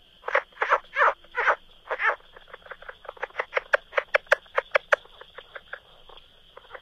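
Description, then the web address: Plains leopard frog calling with a few drawn-out croaking notes, then a quicker run of short, dry clucks. A steady high buzz hums beneath the whole call. North America. "Songs of Frogs Toads of North America. Plains Leopard Frog"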